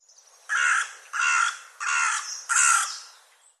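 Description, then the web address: Bird calling four harsh, broad cawing notes in a row, each about half a second long with short gaps, like a crow. "cianscape birddata Deverinetal 2025 File cleaned normalized Bird"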